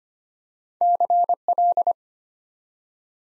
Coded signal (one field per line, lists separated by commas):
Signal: Morse code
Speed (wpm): 25 wpm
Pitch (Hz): 700 Hz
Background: none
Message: CL